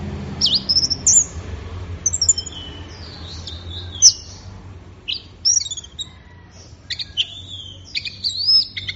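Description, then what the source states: Orange-headed thrush song of scattered high whistled and sweeping notes, some rising, some falling, with pauses between phrases and low background hum. Gacor (bird in full song) recording, used for training songbirds; offline collection of thrush sounds.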